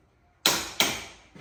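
A click-type torque wrench is pulled a second time on a front strut/suspension bolt of a 2025 Mustang GT, already torqued to 76 ft-lbs, as a safety re-check while installing SR Performance Sport Lowering Springs. A sharp, bright click rings out at 0.5 s as the wrench clicks at its setting, followed by a second similar snap at 0.8 s and a faint tap near 1.4 s. The bolt is confirmed at torque.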